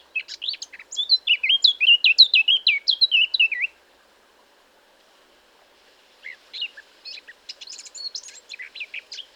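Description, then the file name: Eurasian blackcap singing a rapid run of sweet, fluty warbled notes for about four seconds, followed after a pause by a quieter, scratchier twittering phrase. "Sylvia atricapilla"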